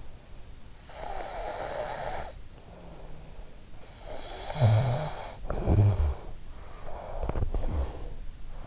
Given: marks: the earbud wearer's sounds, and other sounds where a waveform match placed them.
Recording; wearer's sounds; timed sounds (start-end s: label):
sounds in sleep by an in-ear microphone; snoring breath
0.56-2.90 s: snoring breath
3.70-6.45 s: snoring breath
6.67-8.67 s: snoring breath